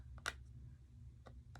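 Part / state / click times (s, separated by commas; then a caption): metal makeup pan into magnetic compact palette / not seated / none. A metal makeup pan (a contour shade tin) is handled at a magnetic compact palette before going into its slot, where the magnet pulls it in. Faint light ticks come at about 0.2, 0.3, 1.3 and 1.6 seconds over a steady low hum. Nothing has seated or clicked into place yet.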